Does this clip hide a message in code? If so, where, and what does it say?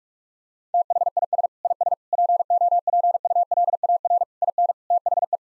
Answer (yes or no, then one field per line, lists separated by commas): yes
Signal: Morse code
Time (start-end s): 0.7-5.4 s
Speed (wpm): 48 wpm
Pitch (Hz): 700 Hz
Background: none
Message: THIS IS POPULAR IN THE